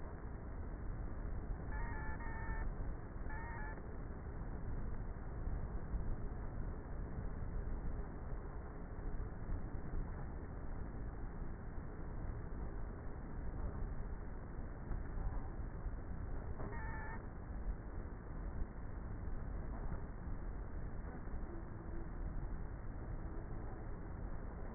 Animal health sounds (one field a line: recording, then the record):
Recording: honeybee colony, microphone inside the hive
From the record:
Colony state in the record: queenless with a low population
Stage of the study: before two queens were removed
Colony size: about 30,000 bees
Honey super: no